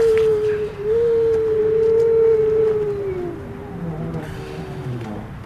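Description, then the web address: Grey seal moan: one long, steady, slightly wavering tone that gradually falls and fades after about three seconds, over a soft low background. "gray seal"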